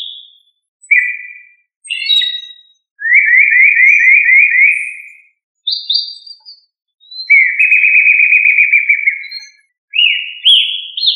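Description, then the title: Thrush singing varied fluted phrases, sliding whistles and long rippling trilled notes, each phrase followed by a short pause, with faint high chips between. "Familia Turdidae - Sabia"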